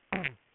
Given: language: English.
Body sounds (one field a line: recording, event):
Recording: throat vibration sensor signal played as sound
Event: throat clearing